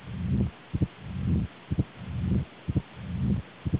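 Adult heart sounds: paired, sharp low-pitched beats repeat regularly at about 62 beats per minute. Between beats, a long, low rumbling noise fills much of each cycle, loud relative to the beats and keeping time with the rhythm.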